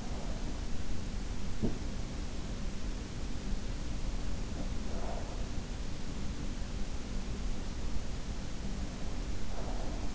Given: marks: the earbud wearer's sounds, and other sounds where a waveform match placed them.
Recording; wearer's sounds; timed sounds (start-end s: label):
sounds in sleep by an in-ear microphone; breath
0.00-0.44 s: breath
1.62-1.92 s: breath
4.68-5.36 s: breath
9.64-10.15 s: breath